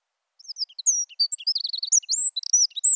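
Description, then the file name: Eurasian wren song: a rapid, high-pitched burst of sharp notes and twittering phrases, including a fast rattling trill in the middle, loud and clean against silence. "Troglodytes troglodytes"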